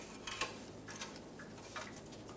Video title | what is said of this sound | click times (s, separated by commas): How to Replace Radiator 2000-2006 Toyota Tundra | make sure it locks in place and this tab is over at the top | 0.3 s, 0.4 s